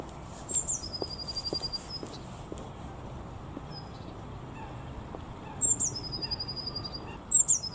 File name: MESANGE BLEUE chant